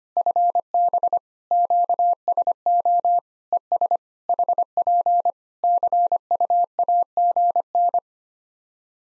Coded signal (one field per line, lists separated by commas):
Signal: Morse code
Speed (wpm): 25 wpm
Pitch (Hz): 700 Hz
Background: none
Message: FB QSO ES HP CUAGN